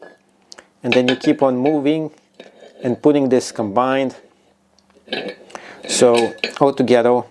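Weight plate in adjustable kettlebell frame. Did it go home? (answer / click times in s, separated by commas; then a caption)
yes / 0.5 s. A second weight plate is lined up vertically in a 2-in-1 landmine-style adjustable kettlebell and dumbbell frame and moved until it clicks into place at 0.5 s, followed by a few faint ticks. Someone talks through most of the clip.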